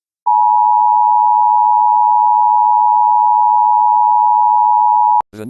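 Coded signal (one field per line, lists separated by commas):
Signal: Emergency Alert System (SAME) tones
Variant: 853 and 960 Hz attention tone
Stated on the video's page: Fake, self-made tornado warning imagining an alert for Cook County, Chicago, after a derecho.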